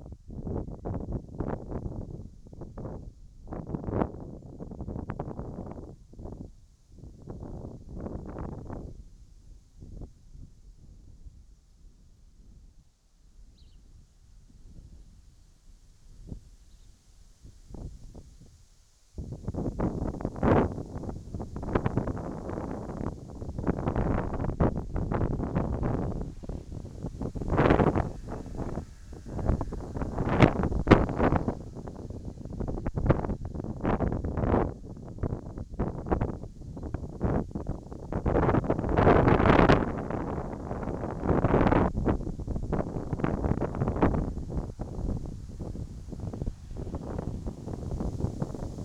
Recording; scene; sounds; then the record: everyday scene through a hearing-aid microphone; wind on the microphone; wind, whistling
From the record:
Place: in front of a rural house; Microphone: in the ear canal, right